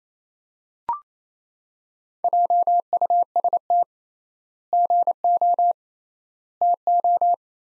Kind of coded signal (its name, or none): Morse code